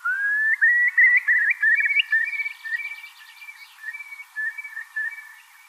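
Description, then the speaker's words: Eurasian curlew calling: a run of whistled notes stepping upward in pitch, then a softer bubbling series of repeated notes that fades away. Formerly nested on Ashdown Forest; would fly up with this call as people walked there; its disappearance is blamed on dogs off the lead. "Every now and again, you'd be walking along the forest and a curlew would fly up with this amazing call."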